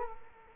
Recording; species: mosquito wingbeat signal from an infrared sensor; Culex quinquefasciatus